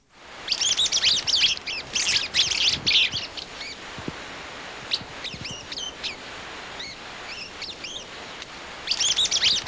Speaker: Here is a vocal interaction between a mated pair of flycatchers recorded in Grand Canyon.